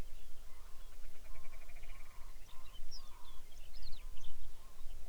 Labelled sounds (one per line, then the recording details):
songbird
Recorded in the Arctic National Wildlife Refuge, Alaska, on 23 May 2019 at 05:39
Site 49